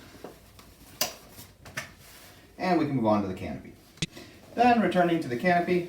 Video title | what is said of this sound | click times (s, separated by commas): Nuna Triv: How to Remove / Mount the Seat Fabrics | you're just going to slot it in there until it clicks into place | 1.0 s